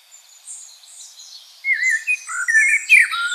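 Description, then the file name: Common blackbird singing, starting with faint high twitters and then moving into louder, lower warbled phrases that rise and fall. "Turdus merula"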